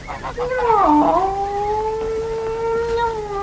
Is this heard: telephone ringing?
no